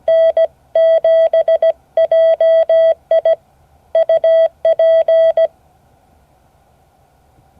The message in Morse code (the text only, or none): N7JI UP